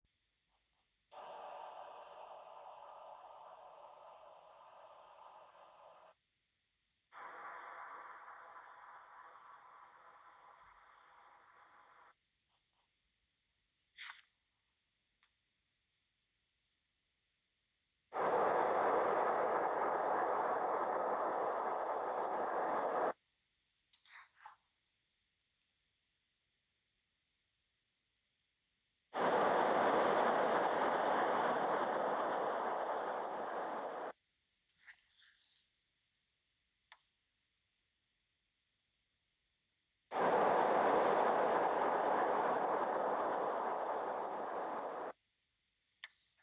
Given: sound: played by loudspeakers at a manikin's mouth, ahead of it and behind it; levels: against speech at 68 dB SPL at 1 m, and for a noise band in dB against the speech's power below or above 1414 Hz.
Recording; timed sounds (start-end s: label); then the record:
test signals for a remote microphone
1.11-6.11 s: speech-spectrum noise from ahead
7.11-12.11 s: speech-spectrum noise from behind
18.11-23.11 s: speech-spectrum noise from the mouth, turned 45 degrees left
29.11-34.11 s: speech-spectrum noise from the mouth, facing ahead
40.11-45.11 s: speech-spectrum noise from the mouth, turned 45 degrees right
From the record:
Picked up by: remote microphone B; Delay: 24 ms